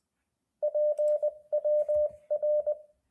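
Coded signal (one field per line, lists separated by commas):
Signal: Morse code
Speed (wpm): 20 wpm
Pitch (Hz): 600 Hz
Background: radio noise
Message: PWR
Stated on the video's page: Demonstration of a CW trainer emulating Morse Runner and RufzXP.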